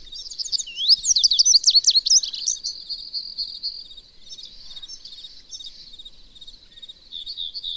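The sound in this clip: Bird song with a loud tumbling run of sharp, sweeping high notes in the first seconds, easing into softer chattering phrases that rise again near the end.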